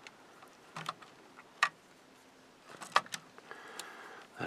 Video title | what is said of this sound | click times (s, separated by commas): Stage 62! Enterprise D Build from Fanhome - Book 16 done! Star Trek the Next Generation | not fully seated | 3.0 s